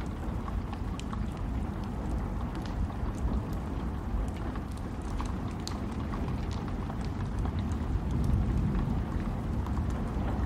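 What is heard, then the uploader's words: Steady rain falls throughout, a dense low rumble with scattered bright drop ticks sprinkled across the top. The texture barely changes, though the deep roar swells a little louder around the eighth second, like a soft roll of thunder underneath. Rain & Thunderstorm Sounds.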